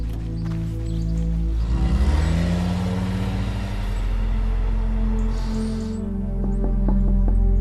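A car engine revs and drives off, its low droning hum rising and falling in pitch, steady and loud throughout, with a few sharp clicks near the end.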